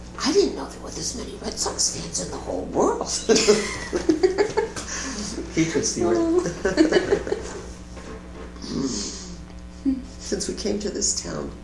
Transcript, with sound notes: I didn't know there were this many Red Sox fans in the whole world!” [laughter] He is a charmer. Then we came to this town.